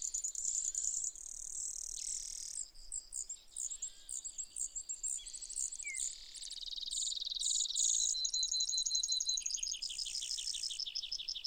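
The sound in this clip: Brewer's sparrow song: a long chain of high, fast trills and buzzy rattles, shifting pitch and speed repeatedly throughout.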